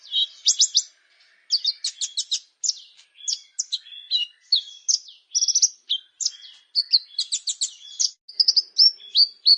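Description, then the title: Plain prinia singing a lively run of high, sharp notes and quick buzzy trills, phrases separated by short gaps. "Ciblek Sawah"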